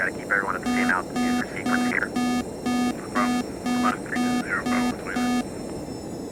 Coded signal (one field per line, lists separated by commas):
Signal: none